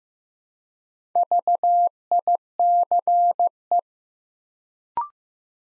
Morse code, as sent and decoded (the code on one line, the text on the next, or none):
...- .. -.-. .
VICE